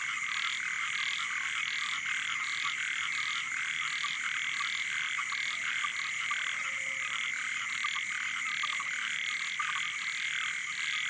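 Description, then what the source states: Frogs and toads in a dense night chorus, blocky repeated croaks pulsing steadily over a constant high-pitched hum and a shrill ringing tone. Wild night chorus on the shore of Boeng Thum lake, Cambodia, around 23:00 on 12 December 2018, as human noise fades.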